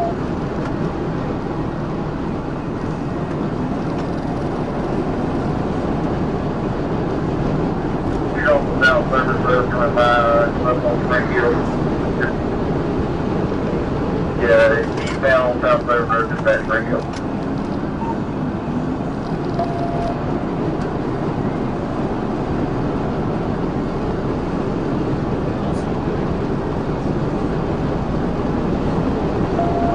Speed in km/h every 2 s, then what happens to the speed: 167, 169, 179, 182, 187, 188, 177, 159, 163, 169, 172, 175, 177, 184, 187.
0-11 speeds up to 188. 11-15 brakes to 159. 15-30 speeds up to 187.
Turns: none.